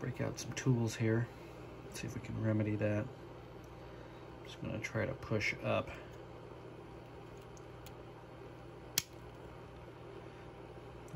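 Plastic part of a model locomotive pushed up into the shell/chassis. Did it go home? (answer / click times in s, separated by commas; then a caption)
yes / 9.0 s. Someone talks while a sagging plastic part of a custom Kato/Atlas SD40-2 / SD60 model locomotive with ESU Loksound is pushed up into position on the chassis or shell. A single sharp click is heard at 9.0 s, and the part is seated in place.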